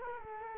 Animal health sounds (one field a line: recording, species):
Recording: mosquito wingbeat signal from an infrared sensor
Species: Culex quinquefasciatus